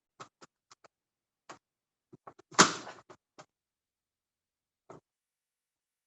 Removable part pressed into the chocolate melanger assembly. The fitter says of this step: press it down until you get a click